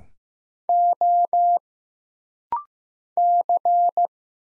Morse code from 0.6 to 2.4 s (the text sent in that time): O